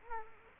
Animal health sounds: mosquito wingbeat signal from an infrared sensor; Culex quinquefasciatus

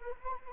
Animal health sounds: mosquito wingbeat signal from an infrared sensor; Anopheles arabiensis

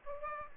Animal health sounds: mosquito wingbeat signal from an infrared sensor; Aedes aegypti

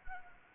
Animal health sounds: mosquito wingbeat signal from an infrared sensor; Anopheles arabiensis

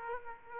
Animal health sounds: mosquito wingbeat signal from an infrared sensor; Aedes aegypti

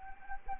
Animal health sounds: mosquito wingbeat signal from an infrared sensor; Anopheles gambiae

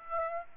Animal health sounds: mosquito wingbeat signal from an infrared sensor; Aedes aegypti

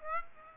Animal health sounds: mosquito wingbeat signal from an infrared sensor; Aedes aegypti

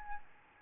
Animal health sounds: mosquito wingbeat signal from an infrared sensor; Aedes albopictus

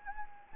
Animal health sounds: mosquito wingbeat signal from an infrared sensor; Anopheles gambiae

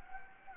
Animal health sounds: mosquito wingbeat signal from an infrared sensor; Anopheles gambiae

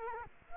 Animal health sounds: mosquito wingbeat signal from an infrared sensor; Culex quinquefasciatus

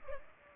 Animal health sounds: mosquito wingbeat signal from an infrared sensor; Culex pipiens

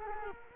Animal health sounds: mosquito wingbeat signal from an infrared sensor; Culex quinquefasciatus

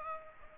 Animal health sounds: mosquito wingbeat signal from an infrared sensor; Aedes aegypti

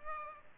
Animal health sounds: mosquito wingbeat signal from an infrared sensor; Culex pipiens

